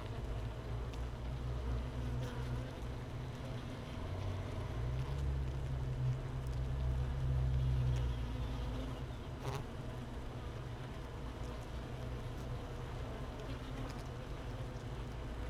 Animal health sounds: honeybee colony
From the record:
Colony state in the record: missing queen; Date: 31 May 2018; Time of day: 13:26

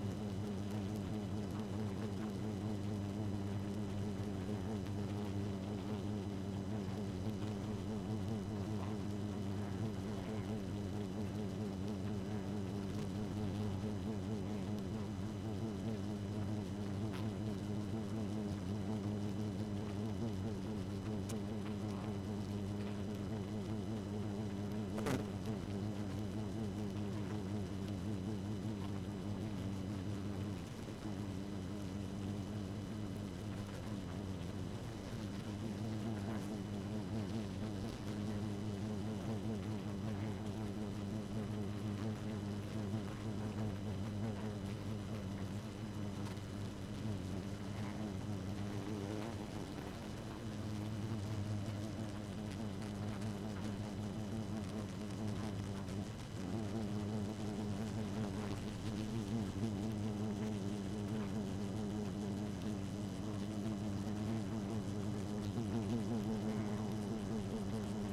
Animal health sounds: honeybee colony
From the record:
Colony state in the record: active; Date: 12 June 2018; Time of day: 0:12

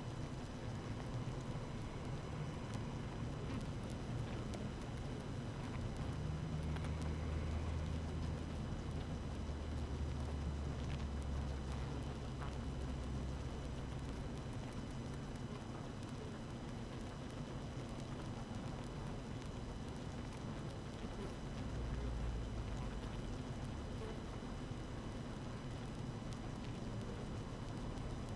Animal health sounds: honeybee colony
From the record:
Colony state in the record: active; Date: 12 June 2018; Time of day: 6:54

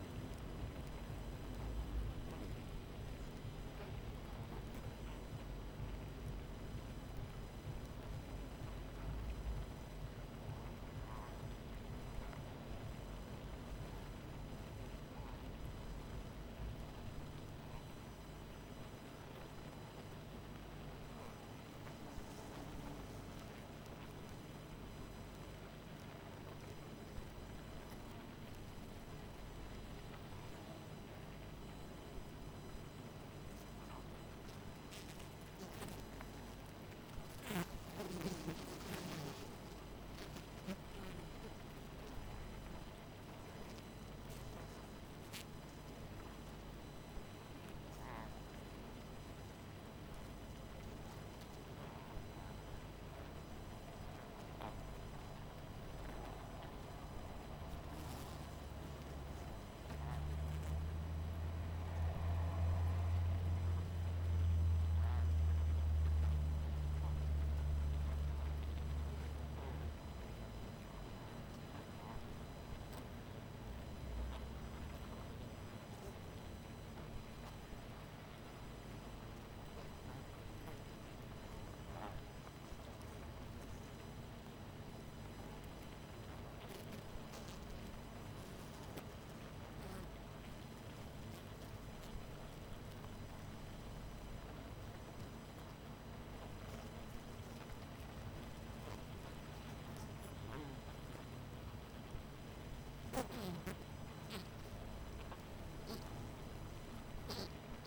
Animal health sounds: honeybee colony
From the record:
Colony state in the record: missing queen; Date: 14 July 2017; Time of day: 23:47

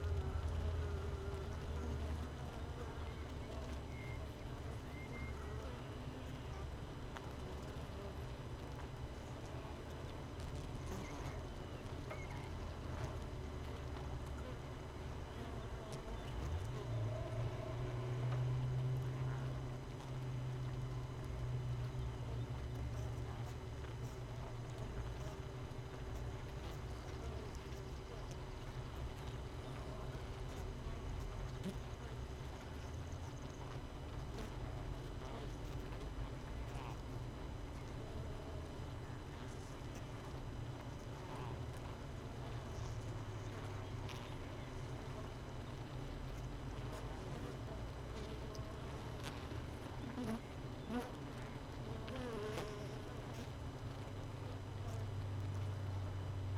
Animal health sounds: honeybee colony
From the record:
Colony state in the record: missing queen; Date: 31 May 2018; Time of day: 6:43

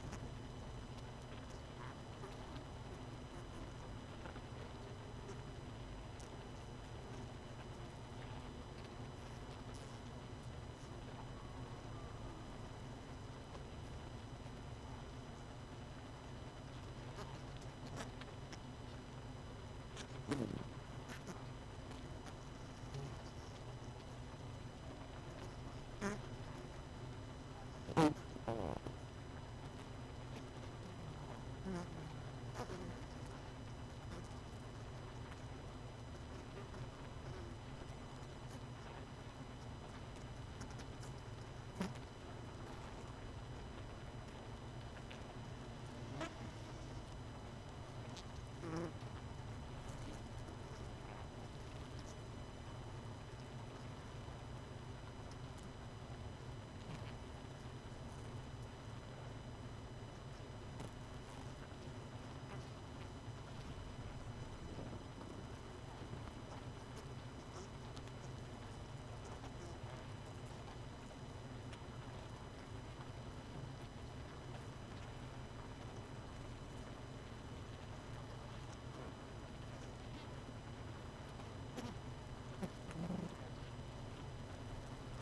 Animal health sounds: honeybee colony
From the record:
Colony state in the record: missing queen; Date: 31 May 2018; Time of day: 21:17

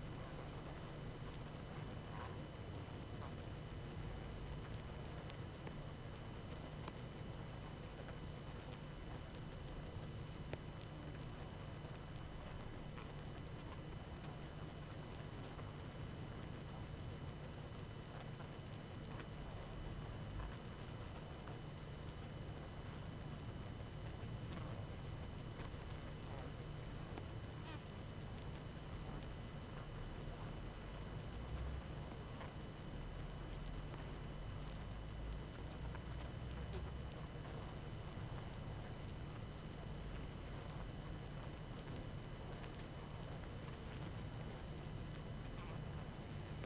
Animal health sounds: honeybee colony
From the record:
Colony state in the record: active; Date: 12 June 2018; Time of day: 20:02

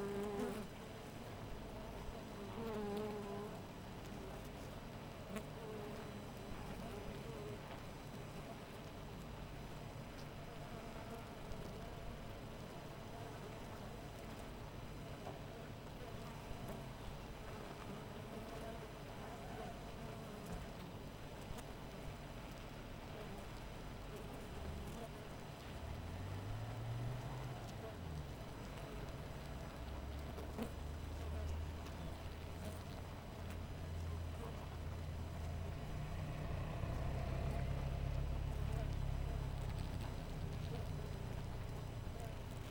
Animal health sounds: honeybee colony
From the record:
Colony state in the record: missing queen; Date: 14 July 2017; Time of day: 4:34

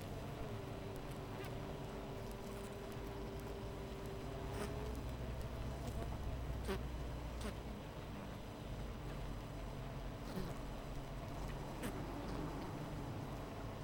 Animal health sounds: honeybee colony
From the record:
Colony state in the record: missing queen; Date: 14 July 2017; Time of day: 13:30

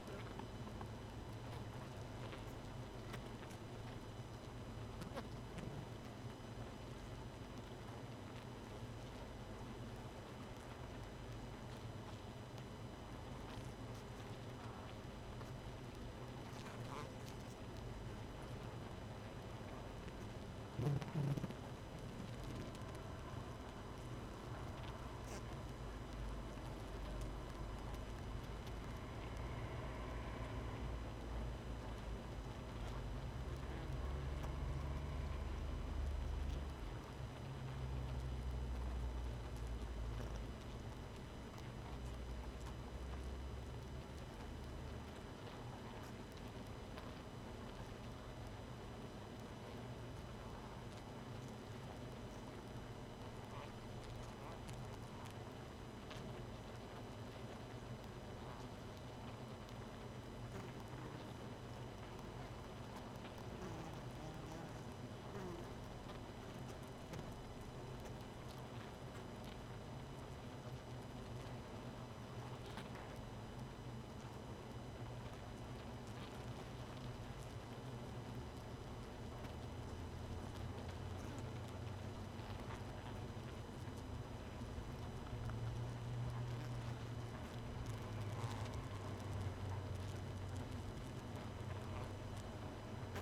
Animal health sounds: honeybee colony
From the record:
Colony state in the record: missing queen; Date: 31 May 2018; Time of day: 1:20

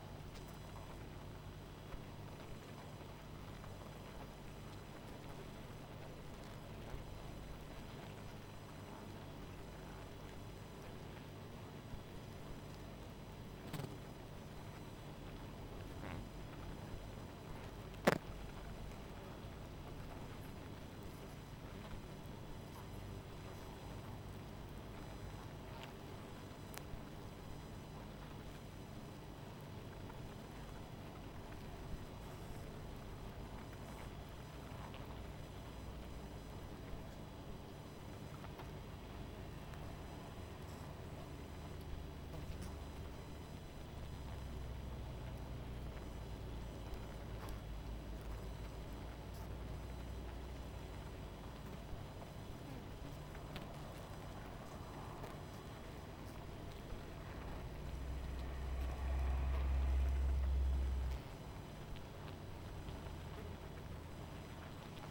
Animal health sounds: honeybee colony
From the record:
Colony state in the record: missing queen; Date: 14 July 2017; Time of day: 19:34

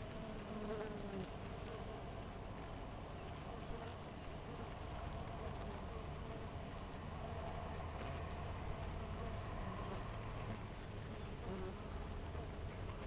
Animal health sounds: honeybee colony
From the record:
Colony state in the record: missing queen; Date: 14 July 2017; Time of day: 6:31

